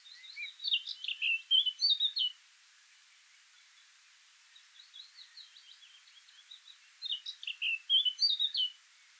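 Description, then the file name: Eurasian blackcap song in two bursts of quick, chattering warble, separated by several seconds of very soft twittering over a faint hiss. "Sylvia atricapilla"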